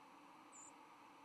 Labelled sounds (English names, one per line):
White-throated Sparrow flight call